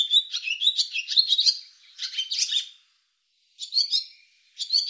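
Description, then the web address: Barn swallow uttering scratchy, buzzy twitters and chirps in uneven bursts separated by short pauses. Audio cleaned and normalized. "cianscape birddata Deverinetal 2025"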